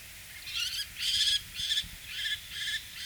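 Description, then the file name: Common Kestrel giving a series of shrill, harsh notes, about six in three seconds, each a short rasping burst with uneven spacing. "cyougenbou"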